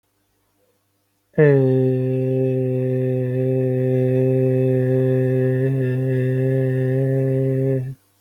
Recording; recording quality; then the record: sustained vowel as in beet; poor, much background noise or distortion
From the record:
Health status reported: healthy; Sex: male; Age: 35 years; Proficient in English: yes